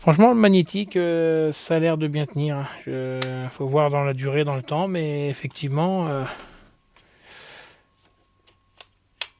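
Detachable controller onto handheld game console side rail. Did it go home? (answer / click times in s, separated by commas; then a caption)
yes / 9.2 s. Someone talks for most of the clip, then, after ejecting it, reattaches the magnetic detachable controller to the side rail of a Nintendo Switch 2 handheld console. A light contact tap comes first, followed by a loud, sharp snap at 9.2 s as the controller locks firmly into place.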